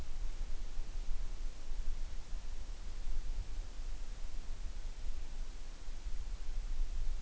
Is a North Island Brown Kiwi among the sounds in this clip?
no